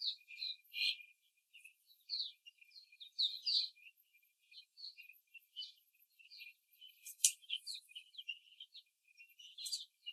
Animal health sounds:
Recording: young laying hens in a cage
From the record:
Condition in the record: after the stressor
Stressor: simulated dog barking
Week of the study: 3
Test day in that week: 1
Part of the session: 1

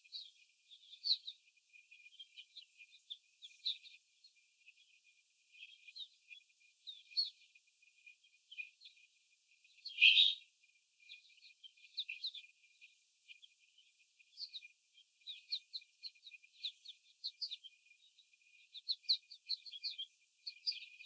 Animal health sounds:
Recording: young laying hens in a cage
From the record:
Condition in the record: after the stressor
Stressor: simulated dog barking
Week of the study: 4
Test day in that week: 3

